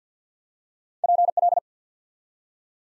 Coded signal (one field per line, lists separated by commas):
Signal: Morse code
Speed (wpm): 48 wpm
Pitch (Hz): 700 Hz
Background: none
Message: PL